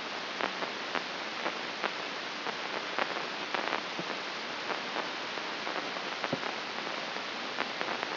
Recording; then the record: brain microelectrode recording played as sound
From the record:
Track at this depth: outside the subthalamic nucleus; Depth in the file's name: 6.669 mm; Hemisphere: left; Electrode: 2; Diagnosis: Parkinson's disease